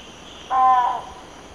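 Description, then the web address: Broad-billed motmot uttering a single short, husky, nasal hoot lasting about half a second against quiet background noise. Song, eastern lowlands of South America. "Natures Songs S America Eastern Lowlands. Electron platyrhynchum, song"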